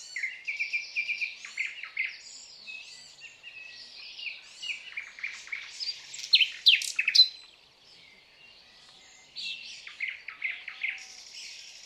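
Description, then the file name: Common nightingale song with even repeated notes, quick rattles and sharp upslurred whistles, a silent gap, then another trilled phrase. "Luscinia megarhynchos"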